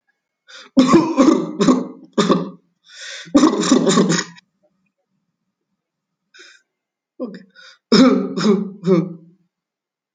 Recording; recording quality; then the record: shallow voluntary cough; excellent, no background noise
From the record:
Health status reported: COVID-19 positive, moderate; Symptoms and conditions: cold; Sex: female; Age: 50 years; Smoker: not ticked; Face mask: not worn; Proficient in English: yes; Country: France